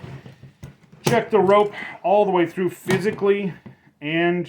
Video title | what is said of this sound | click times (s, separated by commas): how to properly inspect a safety harness and safety rope for review | we're not seeing any stitching issues and again check here check here and let go and make sure they all snap back | 0.6 s